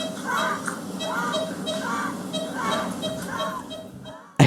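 Rapid infant breaths, about 80 a minute, each with a whiny grunt: labored breathing.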